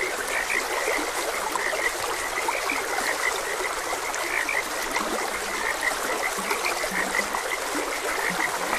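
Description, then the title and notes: Frogs croak in short repeated notes, a few lower calls later, over a continuously trickling stream. Frogs croaking beside a gentle stream. "Gentle Stream and Frogs Croaking. Sleep and Relaxation Podcast"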